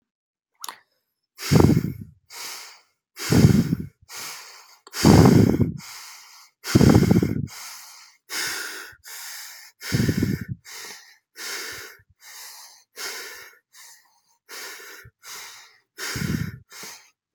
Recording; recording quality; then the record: deep breathing; excellent, no background noise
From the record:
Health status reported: healthy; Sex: male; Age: 26 years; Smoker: yes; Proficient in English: yes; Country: United States